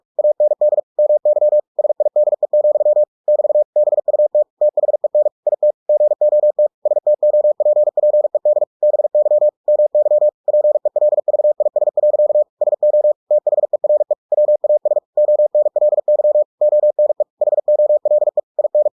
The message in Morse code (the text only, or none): AND MY SIDE, <BT> BUT THEN IT GOT STOPPED BY MY PELVIS. SO THERE WAS ONLY ONE HOLE IN